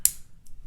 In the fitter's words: positive click everything works just as it should